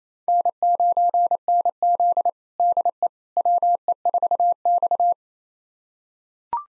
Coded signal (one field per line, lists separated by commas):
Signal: Morse code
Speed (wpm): 28 wpm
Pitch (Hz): 700 Hz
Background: none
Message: N9NZ DE WE4X